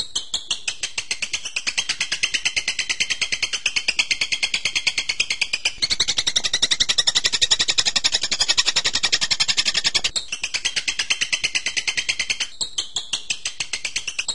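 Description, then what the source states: Bird giving a long continuous song of rapid high pulsed notes, swelling louder in the middle section before settling back to the same steady rhythm. Bird-tutoring (masteran) training recording of birdsong.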